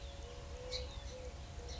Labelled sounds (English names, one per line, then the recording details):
Eurasian Collared Dove
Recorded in Sonoma County, California